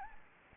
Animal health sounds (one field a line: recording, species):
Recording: mosquito wingbeat signal from an infrared sensor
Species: Anopheles gambiae